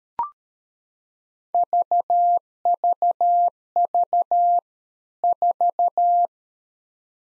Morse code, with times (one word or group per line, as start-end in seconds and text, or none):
1.5-4.6 VVV
5.2-6.3 4